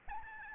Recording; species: mosquito wingbeat signal from an infrared sensor; Aedes albopictus